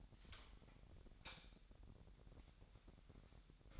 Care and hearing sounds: daily activity, microphone in the room; light on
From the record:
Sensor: 3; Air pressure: 1011.9 hPa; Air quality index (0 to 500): 228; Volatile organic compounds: 4 ppm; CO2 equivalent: 1698 ppm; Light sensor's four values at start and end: 13/31/13/14 and 16/40/17/16

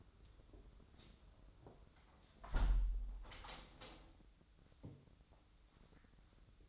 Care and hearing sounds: daily activity, microphone in the room; close window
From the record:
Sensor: 3

